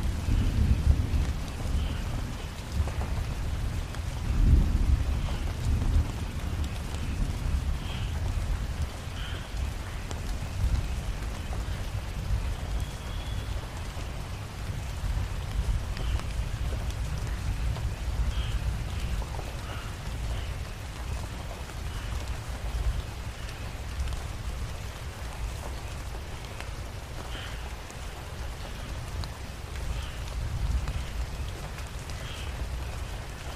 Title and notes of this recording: Thunderstorm in the Jungle. Rolling thunder, pattering rain, and a soothing jungle chorus